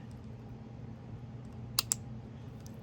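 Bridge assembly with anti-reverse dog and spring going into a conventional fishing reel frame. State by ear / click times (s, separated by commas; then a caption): seated / 1.8 s, 1.9 s. During reassembly of a vintage Penn 113H 4/0 High Speed Senator conventional fishing reel, with the spring tucked into its notch against the anti-reverse dog, the metal bridge assembly is rotated around into the reel frame over a steady low hum. Two sharp clicks ring out at 1.8 s and 1.9 s, followed by a faint tick near 2.7 s. The bridge assembly has seated into place.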